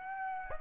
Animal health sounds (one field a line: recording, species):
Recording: mosquito wingbeat signal from an infrared sensor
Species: Aedes aegypti